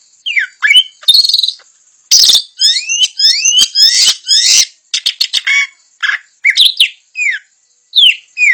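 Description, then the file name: Puff-throated babbler singing vigorously, mixing rising and falling whistled slurs with harsh buzzy notes and quick chirps in uneven bursts. Song style described in Indonesian as gacor dor. "Suara Burung Samyong Gacor Dor"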